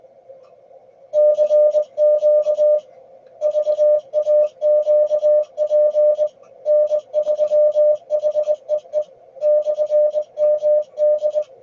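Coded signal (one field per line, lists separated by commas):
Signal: Morse code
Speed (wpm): 22 wpm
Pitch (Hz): 600 Hz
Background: none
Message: CQ VAQP N3HEE /MD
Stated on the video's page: Morse contesting in a state QSO party, showing search-and-pounce and running.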